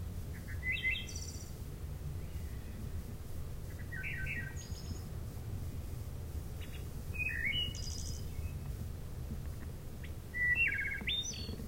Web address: Wood Thrush